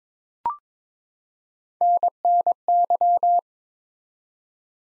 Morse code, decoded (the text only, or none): NNY